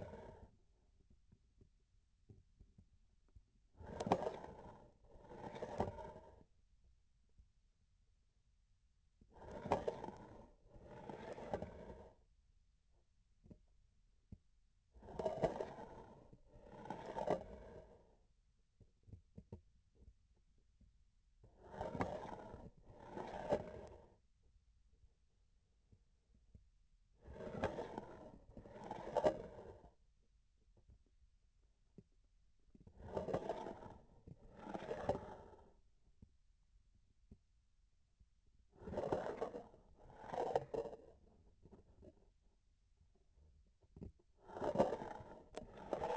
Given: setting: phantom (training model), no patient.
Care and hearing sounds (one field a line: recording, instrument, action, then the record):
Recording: laparoscopic instrument, vibration sensor on the handle end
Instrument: grasping forceps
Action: approaching and retracting movements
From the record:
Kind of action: spatial motion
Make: other than Olympus